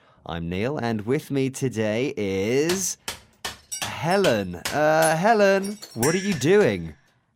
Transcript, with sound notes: I'm Neil and with me today is Helen. (crashing noises) Um, Helen what are you doing?